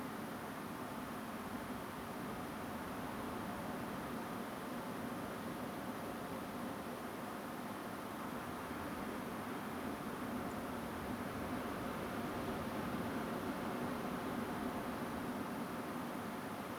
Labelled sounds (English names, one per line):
Song Thrush